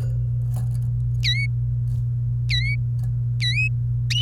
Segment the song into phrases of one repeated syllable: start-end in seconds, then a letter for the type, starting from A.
1.24-1.47 A, 2.50-2.76 A, 3.41-3.68 A